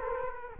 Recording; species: mosquito wingbeat signal from an infrared sensor; Culex quinquefasciatus